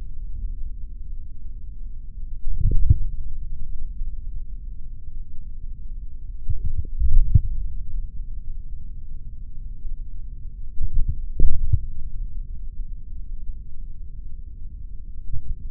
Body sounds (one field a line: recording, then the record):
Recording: forearm muscle sounds (acoustic myography)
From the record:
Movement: index flexion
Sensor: system 3, bracelet of six PUI Audio POM-2738L microphones around the upper forearm, with dedicated amplification and filtering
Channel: 4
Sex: male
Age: 26 years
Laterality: right